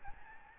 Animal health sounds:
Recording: mosquito wingbeat signal from an infrared sensor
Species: Aedes albopictus

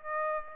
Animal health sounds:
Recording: mosquito wingbeat signal from an infrared sensor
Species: Aedes aegypti

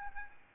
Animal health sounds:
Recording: mosquito wingbeat signal from an infrared sensor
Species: Aedes albopictus

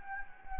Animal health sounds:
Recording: mosquito wingbeat signal from an infrared sensor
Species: Anopheles gambiae

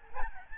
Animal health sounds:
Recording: mosquito wingbeat signal from an infrared sensor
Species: Aedes albopictus

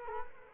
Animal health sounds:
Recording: mosquito wingbeat signal from an infrared sensor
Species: Culex quinquefasciatus

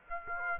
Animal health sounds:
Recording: mosquito wingbeat signal from an infrared sensor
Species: Aedes aegypti

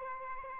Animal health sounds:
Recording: mosquito wingbeat signal from an infrared sensor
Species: Aedes albopictus

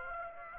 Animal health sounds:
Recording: mosquito wingbeat signal from an infrared sensor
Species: Aedes aegypti

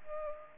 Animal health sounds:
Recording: mosquito wingbeat signal from an infrared sensor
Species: Culex pipiens

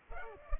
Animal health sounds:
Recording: mosquito wingbeat signal from an infrared sensor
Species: Culex pipiens

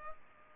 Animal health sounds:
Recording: mosquito wingbeat signal from an infrared sensor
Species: Culex pipiens

